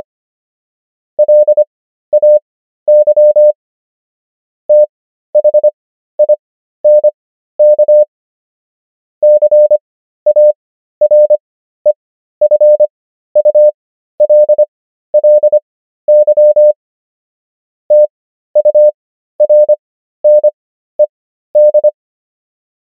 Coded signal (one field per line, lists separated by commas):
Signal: Morse code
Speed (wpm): 25 wpm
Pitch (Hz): 600 Hz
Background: none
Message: LAY THINK CAREFULLY TURNED